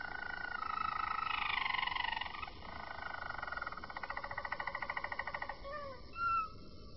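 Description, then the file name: Roller canary song: a loud rolling tour, then a quick even trill and a few short slurred whistles near the end. "kenari-roller -omkicau"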